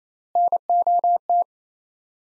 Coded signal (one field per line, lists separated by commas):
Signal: Morse code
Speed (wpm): 28 wpm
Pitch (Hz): 700 Hz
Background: none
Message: NOT